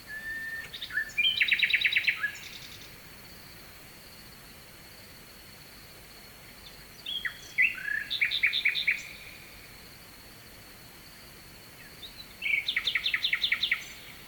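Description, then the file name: Nightingale singing in three bursts of rapid repeated notes, separated by quiet gaps over a steady background hiss. Night song, recorded at Kovachevitsa, Bulgaria, with a distant stream. "Noshten slavej i dalechen potok (s Kovachevica)"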